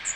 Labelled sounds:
Magnolia Warbler (Setophaga magnolia) flight call

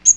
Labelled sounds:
Magnolia Warbler (Setophaga magnolia) flight call

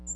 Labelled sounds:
American Redstart (Setophaga ruticilla) flight call

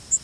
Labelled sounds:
Yellow Warbler (Setophaga petechia) flight call

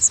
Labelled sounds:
Magnolia Warbler (Setophaga magnolia) flight call

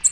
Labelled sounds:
American Redstart (Setophaga ruticilla) flight call

